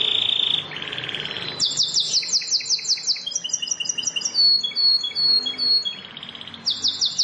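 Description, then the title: Bar-winged prinia song: a high buzzy trill, then rapid repeated chirps and sharp ticking notes in varied quick phrases, ending with another fast high trill. "Ciblek Sawah"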